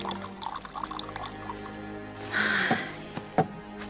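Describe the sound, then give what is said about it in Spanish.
Water splashes and gurgles briefly into a glass, followed by a sharp clink and a second short burst of pouring into another glass, two glasses of water being poured, over a low, steady background hum. “Sirve 2 vasos de agua.”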